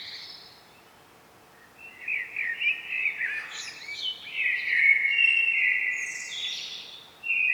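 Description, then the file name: Common blackbird singing a long, flowing warble of fluty notes mixed with high thin squeaks, after a faint high note and a brief quiet spell, running to the end. "Turdus merula"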